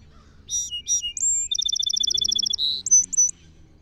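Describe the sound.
Song sparrow song opening with two emphatic notes and a high whistle, running into a quick trill, a buzz and short high ending notes.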